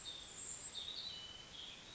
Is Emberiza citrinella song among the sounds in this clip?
no